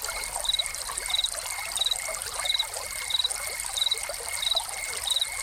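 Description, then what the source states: Cricket chirps: brief high trills repeat at an even pace, alongside a faint steady whine and continuous splashing water. Crickets recorded with a fountain.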